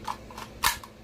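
A detachable box magazine is pushed into the magazine well of a Centurion BP-12 bullpup shotgun. A few faint ticks are heard before a sharp click at 0.7 s as it latches, followed by one more light tick. The magazine is seated, and the click means no tug is needed to check it.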